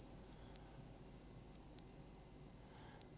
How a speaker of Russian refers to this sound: К лаю пса и мирному рокоту прибоя внезапно присоединилось стрекотание цикад. С каждой минутой цикад становилось все больше. Все увереннее и громче звучали их ночные серенады.